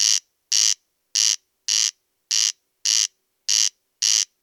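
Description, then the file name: Corn crake giving its grating two-part rasp, each buzzy note short and evenly spaced, steady repetition throughout, quiet background. "Kornknarr"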